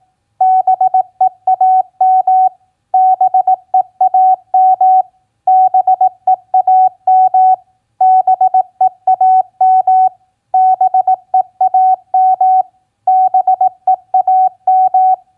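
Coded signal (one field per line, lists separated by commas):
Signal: Morse code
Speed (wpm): 18 wpm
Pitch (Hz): 750 Hz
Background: none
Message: BEAM BEAM BEAM BEAM BEAM BEAM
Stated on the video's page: Morse code practice of common QSO elements at 18 wpm.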